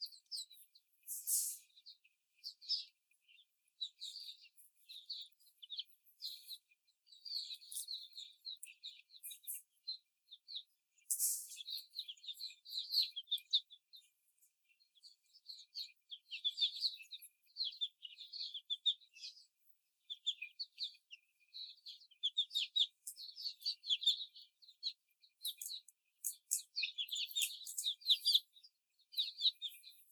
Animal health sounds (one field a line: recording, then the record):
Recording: young laying hens in a cage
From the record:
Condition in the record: before the stressor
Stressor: simulated dog barking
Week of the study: 4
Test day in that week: 2